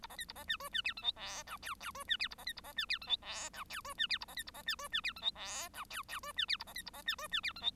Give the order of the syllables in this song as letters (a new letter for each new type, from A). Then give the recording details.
A B C A B D E D F G H I J K K E D F A B C A B D F G H I J K E D F A B C A B D E D F G H I J K K E D F A B C A B D E D F G H. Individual Bird1